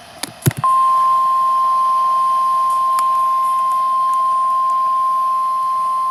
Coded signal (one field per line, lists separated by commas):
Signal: Emergency Alert System (SAME) tones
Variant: 1050 Hz attention tone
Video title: PDS Severe Thunderstorm Warning #2 (EAS #28) (6/12/2023)